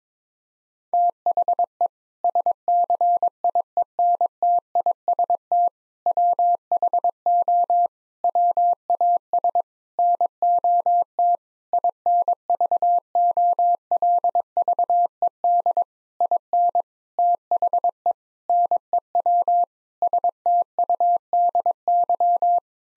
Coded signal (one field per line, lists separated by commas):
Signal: Morse code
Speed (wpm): 22 wpm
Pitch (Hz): 700 Hz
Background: none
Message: THE SCIENTIST WHO WAS NOT INVOLVED IN THE NEW STUDY